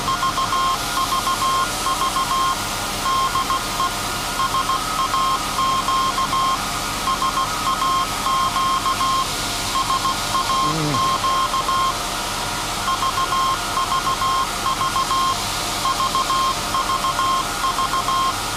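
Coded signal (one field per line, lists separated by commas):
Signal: Morse code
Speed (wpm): 16 wpm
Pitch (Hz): 1060 Hz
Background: none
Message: VVV DE SAQ SAQ SAQ VVV VVV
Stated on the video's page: SAQ Grimeton Alexanderson alternator transmission on Alexanderson Day, message sent after alternator startup and tuning.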